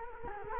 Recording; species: mosquito wingbeat signal from an infrared sensor; Culex quinquefasciatus